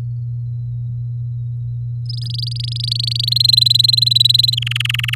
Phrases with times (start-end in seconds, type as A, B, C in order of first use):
2.06-3.29 A, 3.31-4.55 B, 4.57-5.15 C